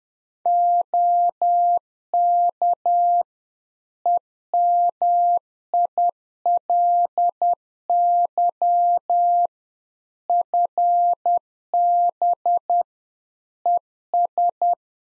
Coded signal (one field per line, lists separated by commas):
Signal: Morse code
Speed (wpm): 10 wpm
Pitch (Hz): 700 Hz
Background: none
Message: OK EMILY FB ES